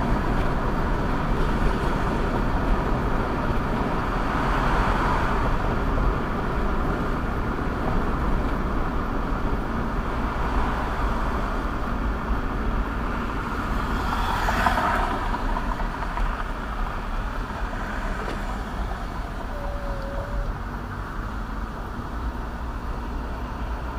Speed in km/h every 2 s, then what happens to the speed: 81, 81, 84, 82, 79, 74, 69, 58, 44, 39, 35, 35.
0-7 steady at about 81. 7-17 brakes to 39. 17-24 steady at about 35.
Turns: none.